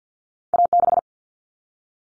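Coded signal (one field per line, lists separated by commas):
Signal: Morse code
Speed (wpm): 50 wpm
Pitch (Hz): 700 Hz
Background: none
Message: A6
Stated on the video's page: Morse code drill at 50 wpm of two-digit cut numbers using T, A, N for 0, 1, 9, each sent, spoken, then sent again.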